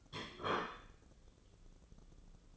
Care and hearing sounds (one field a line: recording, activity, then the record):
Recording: daily activity, microphone in the room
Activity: place plate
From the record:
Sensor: 4